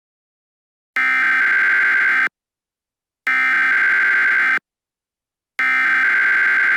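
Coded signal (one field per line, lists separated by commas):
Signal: Emergency Alert System (SAME) tones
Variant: header bursts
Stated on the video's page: Fictional EAS scenario, a simulated alert rather than a real broadcast.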